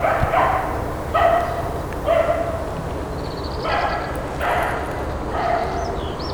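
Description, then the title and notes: Dog barking: several hoarse, mid-pitched barks at irregular intervals over a steady low rumble of background noise. Dogs barking amid other ambient noise in an industrial zone on Shmidta Street, Kostiantynivka, Donetsk Oblast, Ukraine; recorded with a Zoom H2n. "вулиця Шмідта, 20, місто Костянтинівка, Donetsk Oblast, Украина, 85100-Животные в промзоне. Лай собак и другие интершумы"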